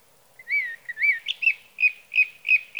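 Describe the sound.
Sage thrasher song, a run of clear whistled, slurred notes in a quiet background.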